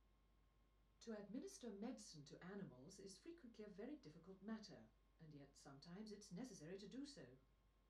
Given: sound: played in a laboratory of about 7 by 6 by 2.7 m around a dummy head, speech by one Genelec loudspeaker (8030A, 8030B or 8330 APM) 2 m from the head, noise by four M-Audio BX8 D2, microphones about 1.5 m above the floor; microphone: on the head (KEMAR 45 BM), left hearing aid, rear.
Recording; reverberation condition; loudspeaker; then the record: female speech in English; low; 120 degrees to the right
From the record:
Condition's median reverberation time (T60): about 310 ms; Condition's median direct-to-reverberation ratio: about 3.5 dB